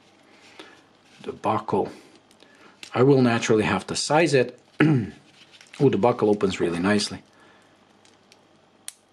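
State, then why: Seated. Someone talks while opening the steel folding clasp on a watch bracelet, with a few faint handling ticks near the end. The clasp is then closed and snaps shut with a sharp, loud click at 8.9 s.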